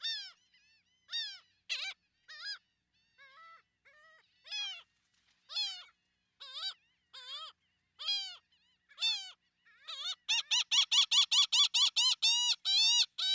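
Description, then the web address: Laughing gull calling with scattered, nasal, arched notes at first, then breaking into a rapid, steady run of laughing 'ha-ha' notes near the end. "Wildlife Identification By Sound, Western North America. Laughing Gull"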